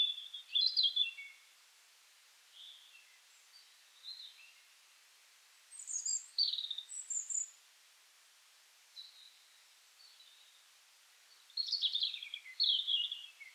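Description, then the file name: European robin song of varied high, sweet phrases, some sliding down, others sharp and squeaky, given in bursts with quiet gaps between. "Erithacus rubecula"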